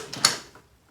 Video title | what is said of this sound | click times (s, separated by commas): 🕵️Transport Plus Folding Scooter Review Video | heard the click, it's locked in place, and | 0.2 s